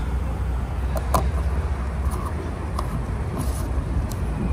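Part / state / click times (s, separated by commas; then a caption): fuel filler flap into car body latch / not seated / none. A car's fuel filler flap, a painted metal or plastic door, is handled and pressed toward its latch in the car body. Brief sharp knocks sound at about 1.0, 2.8 and 4.1 seconds over a steady low outdoor hum. Nothing has latched or clicked yet.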